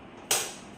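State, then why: Seated. A metal bobbin case (shuttle) is pushed into the shuttle race under the needle plate of a sewing machine. It gives one sharp tick at 0.3 s that fades over a short tail, and this tick shows the case is seated. Before the tick there is only a faint steady hiss.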